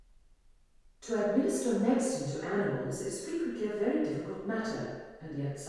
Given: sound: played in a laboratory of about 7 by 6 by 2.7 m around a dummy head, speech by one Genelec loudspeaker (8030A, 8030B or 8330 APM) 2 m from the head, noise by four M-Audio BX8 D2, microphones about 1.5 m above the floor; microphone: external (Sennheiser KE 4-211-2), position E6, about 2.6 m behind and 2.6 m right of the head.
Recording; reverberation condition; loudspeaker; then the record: female speech in English; high; 120 degrees to the left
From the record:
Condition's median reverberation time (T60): about 1300 ms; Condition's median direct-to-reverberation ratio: about -4.0 dB